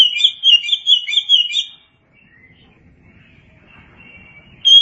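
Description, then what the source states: Oriental magpie-robin song: a quick run of bright, warbled whistled notes for about two seconds, then near silence and one clear whistle at the very end. Kacer song.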